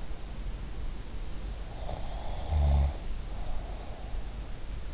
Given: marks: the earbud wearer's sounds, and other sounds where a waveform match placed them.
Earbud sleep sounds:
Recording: sounds in sleep by an in-ear microphone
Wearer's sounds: snoring breath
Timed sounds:
1.87-4.21 s: snoring breath

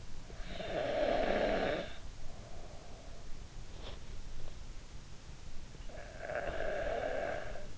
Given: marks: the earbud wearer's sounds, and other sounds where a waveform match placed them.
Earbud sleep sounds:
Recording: sounds in sleep by an in-ear microphone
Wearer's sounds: snoring breath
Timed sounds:
0.45-3.13 s: snoring breath
6.01-7.78 s: snoring breath

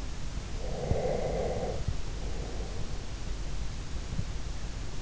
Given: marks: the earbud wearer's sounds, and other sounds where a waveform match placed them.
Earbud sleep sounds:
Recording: sounds in sleep by an in-ear microphone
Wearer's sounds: breath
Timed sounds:
0.64-2.98 s: breath

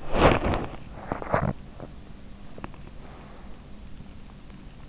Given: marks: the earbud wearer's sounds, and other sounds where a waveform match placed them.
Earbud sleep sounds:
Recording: sounds in sleep by an in-ear microphone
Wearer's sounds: body movement, breath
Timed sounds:
0.00-2.88 s: body movement
2.88-3.71 s: breath

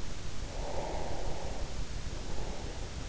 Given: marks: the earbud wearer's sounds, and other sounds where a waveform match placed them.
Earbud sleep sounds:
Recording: sounds in sleep by an in-ear microphone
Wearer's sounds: breath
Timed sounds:
0.49-3.08 s: breath

